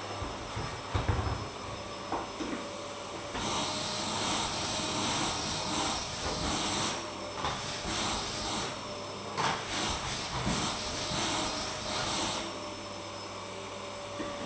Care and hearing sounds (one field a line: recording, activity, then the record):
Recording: daily activity, microphone in the room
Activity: vacuum cleaning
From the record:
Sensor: 1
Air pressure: 1010.2 hPa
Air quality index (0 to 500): 173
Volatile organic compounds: 13 ppm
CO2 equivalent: 2381 ppm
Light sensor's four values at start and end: 50/130/53/67 and 49/128/53/66